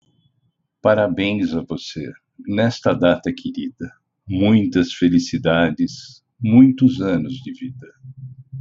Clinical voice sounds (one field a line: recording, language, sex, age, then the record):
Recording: short text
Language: Brazilian Portuguese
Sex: male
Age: 60 to 69 years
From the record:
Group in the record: control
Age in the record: 63 years